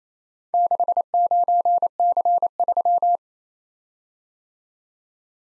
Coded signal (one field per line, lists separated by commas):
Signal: Morse code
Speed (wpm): 32 wpm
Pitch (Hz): 700 Hz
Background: none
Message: 69C3